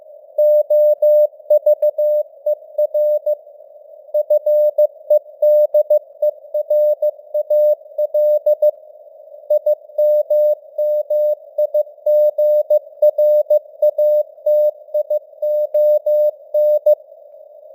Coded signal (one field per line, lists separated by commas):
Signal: Morse code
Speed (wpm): 15 wpm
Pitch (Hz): 600 Hz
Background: none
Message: OVER FEDERAL IMMIGRATION